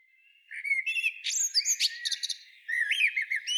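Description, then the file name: Common blackbird singing a warbled phrase that climbs into shrill twittering chatter, then a second mellow phrase begins. "Turdus merula"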